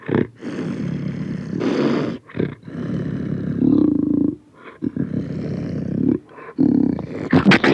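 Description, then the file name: Panther growling in a run of rough, throaty bursts of varying length, some drawn out, with brief pauses between them. Close recording of panther growls and roars. "Digiffects Sound Effects Library - Close Panther Growls and Roars"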